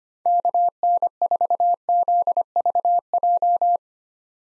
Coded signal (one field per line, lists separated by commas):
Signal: Morse code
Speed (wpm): 25 wpm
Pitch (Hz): 700 Hz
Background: none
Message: KN4ZVJ